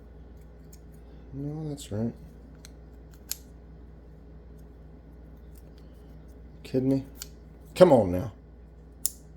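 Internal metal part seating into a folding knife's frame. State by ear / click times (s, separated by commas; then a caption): seated / 9.1 s. While a Kubey Carve folding pocket knife is reassembled after its scales were dyed, someone talks as an internal metal part is worked into the knife's frame, with a few faint ticks along the way. A sharp click at 9.1 s marks the part seating into position.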